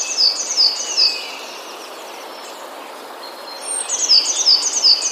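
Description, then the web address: Eurasian blue tit song with a short run of three high, clipped notes at the start and another quick series near the end, separated by a soft, hissy pause. "wroblowe teka spiew. modraszkoteka"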